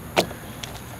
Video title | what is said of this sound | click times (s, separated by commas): STRAIGHT PIPED MY G35! (Z1 MOTORSPORT CATBACK & Y-Pipe, Catless Test Pipes) | gotta go put this all the way down and hit snap boom | 0.6 s